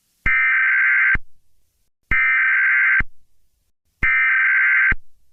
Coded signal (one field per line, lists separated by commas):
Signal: Emergency Alert System (SAME) tones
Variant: header bursts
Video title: Mock EAS Scenario - Skunk Lurking About